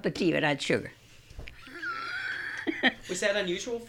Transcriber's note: she laughs